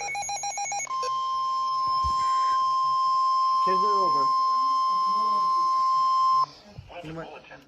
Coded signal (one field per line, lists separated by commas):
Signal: Emergency Alert System (SAME) tones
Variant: 1050 Hz attention tone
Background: speech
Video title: ALERTS IN PROSPECT PA (EAS ALERTS 2220-2251 FROM 8/13/21)